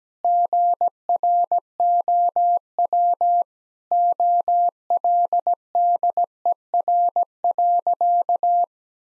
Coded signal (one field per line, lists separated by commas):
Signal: Morse code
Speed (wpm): 17 wpm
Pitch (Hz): 700 Hz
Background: none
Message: GROW OLDER.